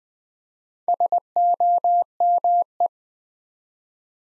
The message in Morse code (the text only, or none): SOME